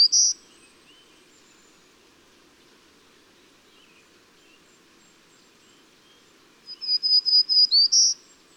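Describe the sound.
Bird song: a brief cut-off phrase ending at the start, a long quiet pause, then a full run of high, steady notes closing with a sharp rising note.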